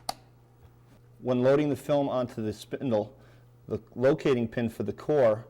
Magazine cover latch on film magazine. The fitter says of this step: we can close the cover and lock the cover when